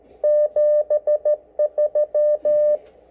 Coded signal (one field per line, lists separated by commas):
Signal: Morse code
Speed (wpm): 14 wpm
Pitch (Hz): 600 Hz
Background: none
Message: 73